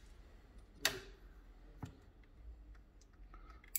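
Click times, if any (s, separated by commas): 3.8 s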